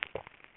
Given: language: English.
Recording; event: throat vibration sensor signal played as sound; swallow